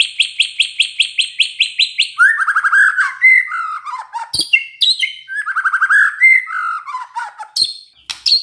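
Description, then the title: White-rumped shama song: a fast series of bright repeated chips, then rich warbled and whistled phrases with rattling notes, sliding up and down. White-rumped shama whistling song, meant to make lazy shamas start singing. "PANCINGAN MURAI BATU. SIULAN MURAI BATU❗ PANCINGAN MURAI MALAS AGAR BUNYI"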